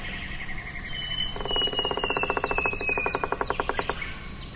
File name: buff rumped woodpecker